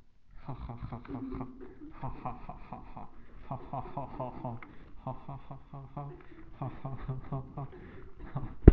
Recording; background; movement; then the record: laughter; a bystander coughing; sitting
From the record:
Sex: male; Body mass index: 23.7 kg/m2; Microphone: on the chest, facing the body